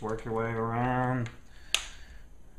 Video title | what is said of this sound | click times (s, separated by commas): Laptop screen replacement How to replace Asus UL50VT RBBBK05 | where it snaps into place all right so | 1.7 s